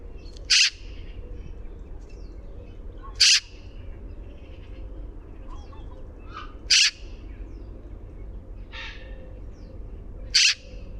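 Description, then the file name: Eurasian magpie uttering brief harsh chattering notes spaced irregularly several seconds apart, with faint softer bird calls and a low background rumble. "Pica pica"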